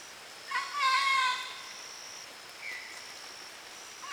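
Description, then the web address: Bird call: one loud harsh harmonic burst early on, then a single short chirp, over background noise. "gallery oiseaux. Mes treks"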